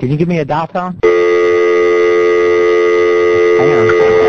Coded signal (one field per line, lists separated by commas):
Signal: telephone call progress tone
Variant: North America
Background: speech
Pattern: dial tone